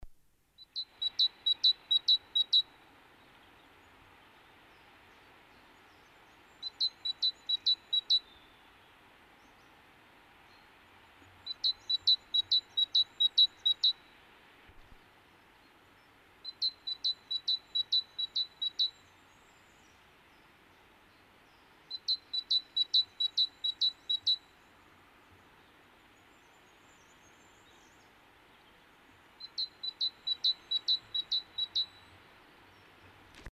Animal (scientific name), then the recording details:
Parus major. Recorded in the wild. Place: Garmisch-Partenkirchen, Bayern, DE. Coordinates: 47.5072, 11.0847. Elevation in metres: 725. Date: 1973-04-26. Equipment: Nagra IV, Sennheiser MKH 405, Parabolreflektor. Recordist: Tretzel, Erwin. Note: Pflegerseestraße, Garmisch-Partenkirchen: Gesang